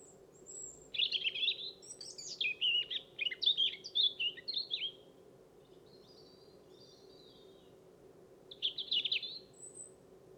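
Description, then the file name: European robin, high varied warbling phrases of trills and thin notes for several seconds, a pause, then a short final burst, over a steady low rumbling background. "Erithacus rubecula"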